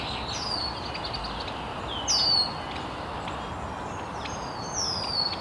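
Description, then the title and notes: Bird chirping with clear high descending whistles, two louder sliding notes about three seconds apart, faint other calls and steady background hiss. Birds chirping very early in the morning in an estuary. "Birds Chirping in the Early Morning. Original sounds of birds chirping very early in the morning in an estuary"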